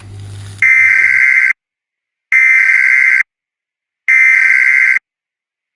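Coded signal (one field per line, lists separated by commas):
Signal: Emergency Alert System (SAME) tones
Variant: header bursts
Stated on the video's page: Fictional EAS scenario about an asteroid impact, with valid SAME tones.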